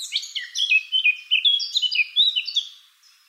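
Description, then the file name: Eurasian blackcap singing a fast, rich warble of mixed chattering and fluty whistled notes, fading away in the last half second. "Sylvia atricapilla"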